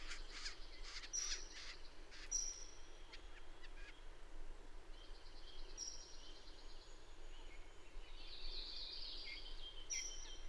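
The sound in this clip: Bird song: thin, high whistled notes held briefly, repeated several times, with scattered soft chirps and a burst of fizzy twittering near the end over steady low background hiss.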